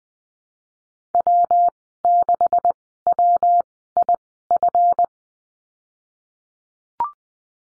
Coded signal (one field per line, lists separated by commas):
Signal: Morse code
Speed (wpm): 20 wpm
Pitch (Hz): 700 Hz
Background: none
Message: W 6 W I F